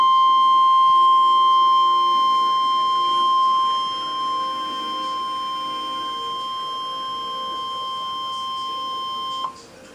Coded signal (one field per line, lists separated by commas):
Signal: Emergency Alert System (SAME) tones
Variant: 1050 Hz attention tone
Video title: EAS Alert #314 (SVR)